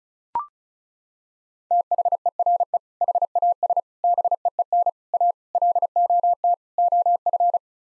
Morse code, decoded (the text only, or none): THERE HAS BEEN A LOT OF